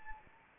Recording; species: mosquito wingbeat signal from an infrared sensor; Anopheles arabiensis